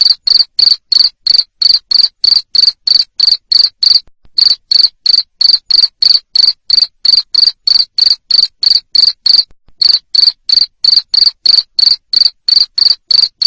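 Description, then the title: A cricket chirps in a long, even series of sharp high pulses, about three each second, broken by two brief gaps. Loud cricket chirping played to stimulate lovebirds to keep singing in the 'ngekek' style. "Suara JANGKRIK NGERIK Keras Bikin LOVEBIRD Jadi NGEKEK Terus Vubey"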